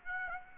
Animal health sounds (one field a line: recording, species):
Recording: mosquito wingbeat signal from an infrared sensor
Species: Aedes aegypti